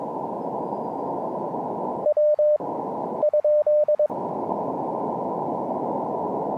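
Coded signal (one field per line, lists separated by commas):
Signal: Morse code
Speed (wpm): 22 wpm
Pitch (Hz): 600 Hz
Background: radio noise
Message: W ?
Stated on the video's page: QRP CW park activation on an Elecraft KX2 with paddles and a homebrew 40m EFHW antenna.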